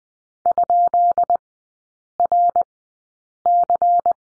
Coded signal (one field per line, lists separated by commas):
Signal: Morse code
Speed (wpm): 20 wpm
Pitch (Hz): 700 Hz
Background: none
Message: ?RC